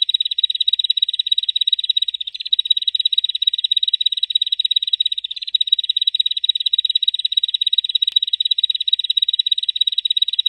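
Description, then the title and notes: Bar-winged prinia singing a long, unbroken, rattling trill of quick high pulses, steady in pitch and pace. Local name ciblek; ngebren song style; used as a tutor recording for training white-rumped shama (murai batu). "Ciblek Ngebren Untuk Masteran Murai Batu. Suara burung ciblek"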